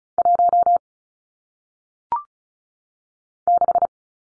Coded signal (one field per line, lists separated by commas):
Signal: Morse code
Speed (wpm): 36 wpm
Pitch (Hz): 700 Hz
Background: none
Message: 1 6